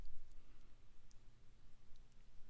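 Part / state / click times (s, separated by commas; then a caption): plastic front frame into FPV goggle housing / seated / 0.3 s, 1.1 s. During battery replacement on an Eachine EV800DM FPV goggle headset, the plastic front frame is pressed back onto the housing after the four small screws are refitted. Two short, faint clicks are heard at 0.3 s and 1.1 s over a quiet low hum. The frame goes back into place easily without forcing and clips in all around.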